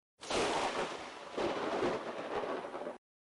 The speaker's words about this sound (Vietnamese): Một trận sấm rền vang lên, cắt ngang lời kể của Grim. Càng ngày càng nhiều mây đen tụ lại, trong không khí đã có hạt mưa rơi xuống.